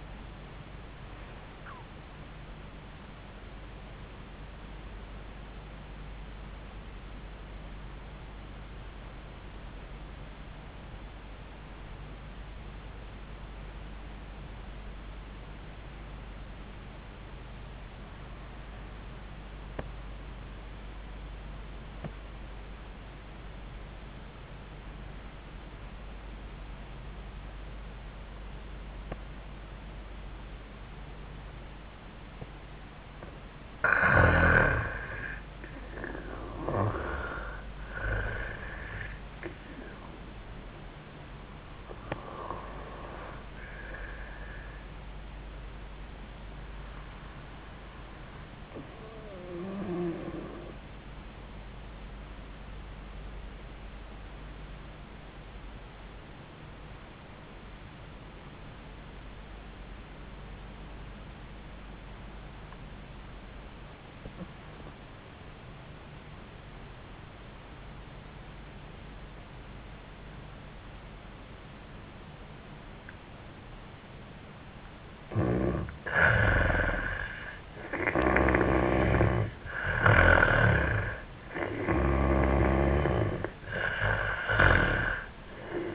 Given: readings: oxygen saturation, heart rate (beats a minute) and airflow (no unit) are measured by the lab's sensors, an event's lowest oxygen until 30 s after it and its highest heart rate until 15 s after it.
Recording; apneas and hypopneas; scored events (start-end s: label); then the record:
breathing in sleep by a voice recorder at the bedside; 2
8.00-34.40 s: hypopnea (N1, oxygen 98% highest, then 83% lowest)
55.00-76.90 s: obstructive apnea (N1, oxygen 98% highest, then 86% lowest, heart rate 86 at the start, 88 highest)
61.00-85.95 s: new sleep stage, N2 (light sleep)
From the record:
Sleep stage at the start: N1 (lightest sleep); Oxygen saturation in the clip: 83 to 98%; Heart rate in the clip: 75 to 104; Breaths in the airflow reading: 11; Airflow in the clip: -15.7 to 9.7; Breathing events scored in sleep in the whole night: 400 in 8.7 hours asleep